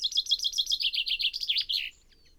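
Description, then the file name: Common chaffinch song phrase of quick repeated chips stepping down in pitch, closing with a brief sweeping ending. "Fringilla coelebs"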